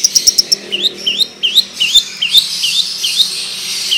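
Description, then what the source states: Long-tailed shrike song: rapid high ticks, then a string of rising whistled slurs repeated over a scratchy background. Long rolling song style (ngerol panjang); bird singing vigorously (gacor).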